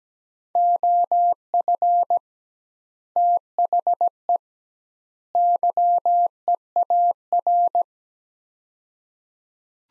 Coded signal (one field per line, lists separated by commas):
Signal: Morse code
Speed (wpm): 17 wpm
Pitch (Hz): 700 Hz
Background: none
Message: OF THE YEAR